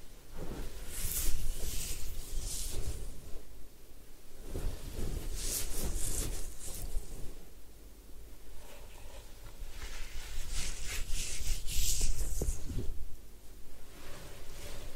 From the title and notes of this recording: Head Spa Hair Wash, Massage, Ear Cleaning.